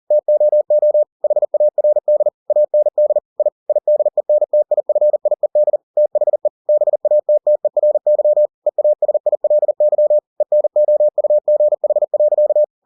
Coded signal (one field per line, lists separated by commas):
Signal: Morse code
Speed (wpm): 40 wpm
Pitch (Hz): 600 Hz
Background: none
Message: TOO HARD AND I IDENTIFIED THE BATTERY EASILY ENOUGH.